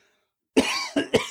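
An adult man gives a short run of three dry coughs. He coughs periodically, brought on by taking a deep breath. He links the cough to allergies that began about two weeks earlier and to asthma he has had since childhood.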